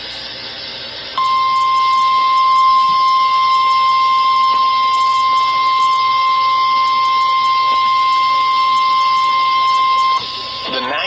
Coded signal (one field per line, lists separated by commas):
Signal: Emergency Alert System (SAME) tones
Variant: 1050 Hz attention tone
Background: speech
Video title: Tornado Watch Minnesota and North Dakota Noaa Weather Radio Station WXK 42 Fargo ND 6/3/26